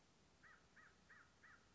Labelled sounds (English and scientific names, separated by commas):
American Crow (Corvus brachyrhynchos)